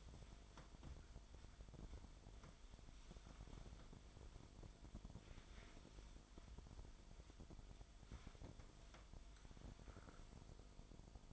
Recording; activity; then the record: daily activity, microphone in the room; wipe stove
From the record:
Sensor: 5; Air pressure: 1003.4 hPa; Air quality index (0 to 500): 143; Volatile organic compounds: 2 ppm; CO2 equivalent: 1040 ppm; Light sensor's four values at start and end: 32/72/32/37 and 32/73/32/38